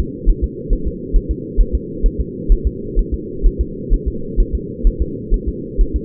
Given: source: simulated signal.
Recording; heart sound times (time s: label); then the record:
fetal heart sounds
0.00 s: S2
0.29 s: S1
0.44 s: S2
0.73 s: S1
0.87 s: S2
1.16 s: S1
1.31 s: S2
1.60 s: S1
1.75 s: S2
2.06 s: S1
2.20 s: S2
2.52 s: S1
2.67 s: S2
2.99 s: S1
3.14 s: S2
3.46 s: S1
3.61 s: S2
3.94 s: S1
4.08 s: S2
4.40 s: S1
4.55 s: S2
4.87 s: S1
5.02 s: S2
5.34 s: S1
5.48 s: S2
5.81 s: S1
5.96 s: S2
From the record:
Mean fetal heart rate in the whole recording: 130 bpm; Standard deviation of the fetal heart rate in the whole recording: 4 bpm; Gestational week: 38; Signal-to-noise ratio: -4.3 dB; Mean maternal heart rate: 72 bpm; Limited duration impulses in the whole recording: absent